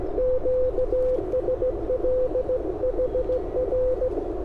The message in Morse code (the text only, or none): QSL HR